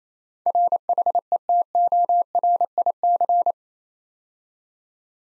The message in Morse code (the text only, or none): RHETORIC